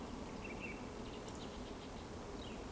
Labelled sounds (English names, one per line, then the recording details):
Eurasian Woodcock whistle
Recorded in Baden-Württemberg, Germany, on 23 June 2020 at 20:01 UTC
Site 14569, 102 m above sea level